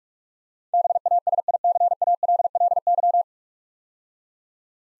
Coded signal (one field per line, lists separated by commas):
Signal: Morse code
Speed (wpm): 47 wpm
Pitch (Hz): 700 Hz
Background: none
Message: BASICALLY